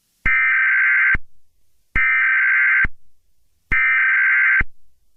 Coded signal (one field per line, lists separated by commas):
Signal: Emergency Alert System (SAME) tones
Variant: header bursts